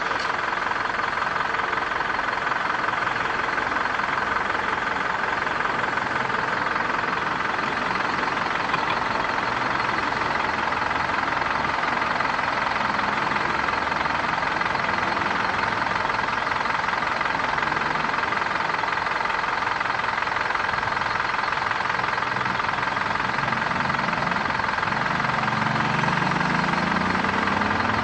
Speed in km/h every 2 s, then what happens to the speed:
0, 0, 0, 0, 0, 0, 0, 0, 0, 0, 0, 0, 0, 0.
0-28 standing.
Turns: none.